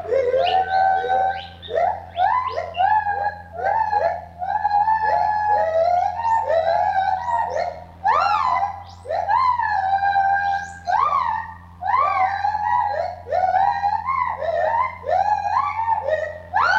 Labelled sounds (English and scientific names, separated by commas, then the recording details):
Lar Gibbon (Hylobates lar)
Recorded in captivity
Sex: group
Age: diverse
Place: Zoo Berlin, Berlin, DE
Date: 1985-07-12
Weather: sonnig, 22 °C
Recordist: Tembrock, Günter